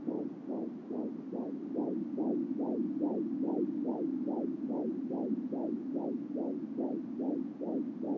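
Rapid, regular whooshing pulses at about 145 beats a minute over a steady hum, typical of a Doppler monitor. This is a fetal heartbeat.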